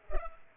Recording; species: mosquito wingbeat signal from an infrared sensor; Culex pipiens